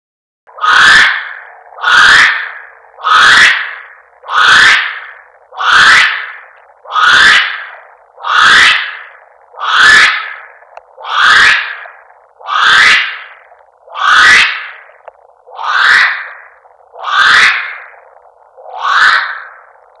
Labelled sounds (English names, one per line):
North Island Brown Kiwi female call